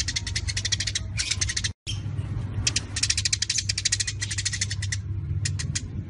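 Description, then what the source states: Eurasian tree sparrows chatter in dense, harsh rattling bursts of rapid chirps, overlapping almost continuously, with a low hum underneath and a brief cut of silence. Birds fighting.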